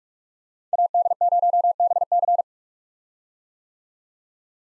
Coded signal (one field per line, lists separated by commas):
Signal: Morse code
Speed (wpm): 46 wpm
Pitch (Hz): 700 Hz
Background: none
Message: AD0BC